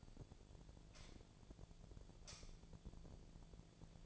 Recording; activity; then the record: daily activity, microphone in the room; light on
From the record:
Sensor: 5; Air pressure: 1009.9 hPa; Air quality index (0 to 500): 160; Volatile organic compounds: 4 ppm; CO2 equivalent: 1552 ppm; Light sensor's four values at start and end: 179/453/188/202 and 178/453/188/202